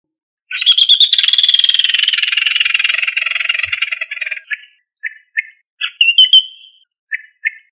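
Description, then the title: Rail call: a long, harsh rattling trill that slowly falls in pitch for about four seconds, then several short clipped notes and a brief squawk. "Familia Rallidae"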